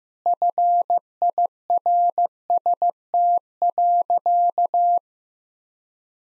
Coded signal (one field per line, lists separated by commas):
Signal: Morse code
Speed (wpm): 15 wpm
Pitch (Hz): 700 Hz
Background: none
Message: FIRST.